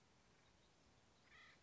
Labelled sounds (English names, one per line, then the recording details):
Acorn Woodpecker
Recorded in Sonoma County, California